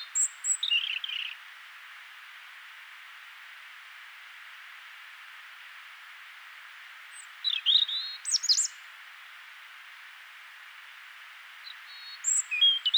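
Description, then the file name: European robin singing short, high, tinkling phrases with falling notes, one near the start, one around eight seconds and one at the end, over steady hiss. "Erithacus rubecula"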